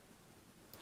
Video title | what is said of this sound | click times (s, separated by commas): Classic NES portable laptop build Part 2 | and like this piece will just snap right in | 0.7 s